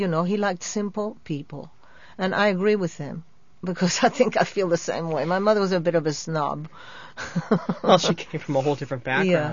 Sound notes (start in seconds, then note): 3.8 she laughs; 7.2 she laughs